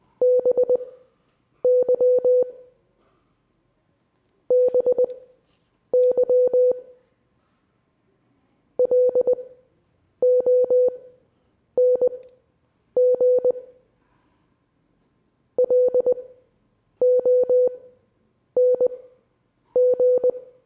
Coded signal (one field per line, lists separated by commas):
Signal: Morse code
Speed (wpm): 20 wpm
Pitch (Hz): 500 Hz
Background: none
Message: BY BY LONG LONG